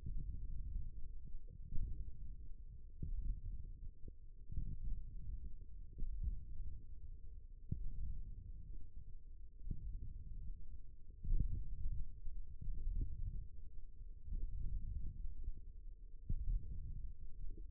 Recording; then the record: forearm muscle sounds (acoustic myography)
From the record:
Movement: index flexion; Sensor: system 1, eight BSWA MPA416 microphones around the upper forearm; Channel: 7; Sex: male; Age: 18 years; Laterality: right